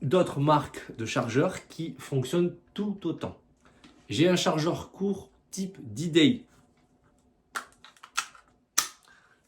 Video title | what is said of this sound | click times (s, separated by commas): AIRSOFT REVIEW - Airtac ? C’est quoi ? | Ça rentre. Faut juste mettre un petit àou pour que le loquet soit vraiment bien verrouillé. | 8.8 s